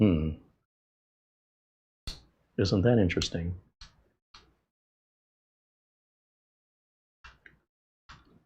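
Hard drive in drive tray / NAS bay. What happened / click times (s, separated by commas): The drive tray did not seat / none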